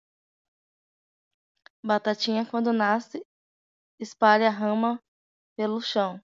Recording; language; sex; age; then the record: short text; Brazilian Portuguese; female; 20 to 29 years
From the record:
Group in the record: control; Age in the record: 27 years